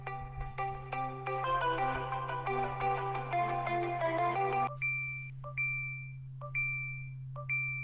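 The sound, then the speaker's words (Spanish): A phone rings on and on unanswered: a bright, tinkling ringtone melody gives way to a repeating pattern of short electronic tones, about four bursts, over a steady low hum. “Coge el teléfono, por favor, que me va a dar algo.”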